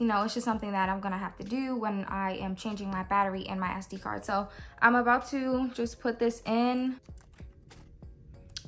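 Someone talks, then pushes an SD memory card into the card slot in the bottom compartment of a Sony ZV1 compact camera, with a few faint handling ticks. A sharp click at 8.6 s marks the card latching, seated in the slot.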